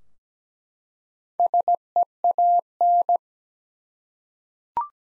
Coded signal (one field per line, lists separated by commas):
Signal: Morse code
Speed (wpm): 17 wpm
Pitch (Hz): 700 Hz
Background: none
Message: SEAN